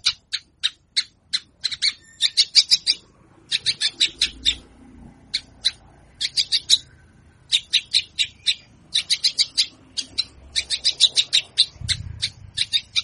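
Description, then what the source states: Javan bush lark song: sharp high chirps in quick bursts and clusters, pausing briefly between groups, with faint low rumble beneath. Song described as super special, rich in isian.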